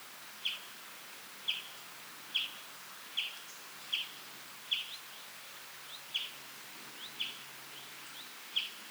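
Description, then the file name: European greenfinch calling: a steady run of short, bright chip notes roughly every second over a soft hiss of background noise. "Chloris chloris"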